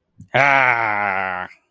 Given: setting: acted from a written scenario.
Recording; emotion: vocal sound without words; pride